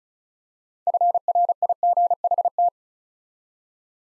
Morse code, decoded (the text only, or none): FRIGHT